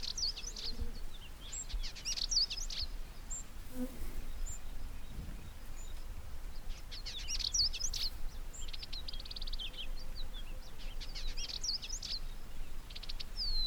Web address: Indigobird Song Vidua funera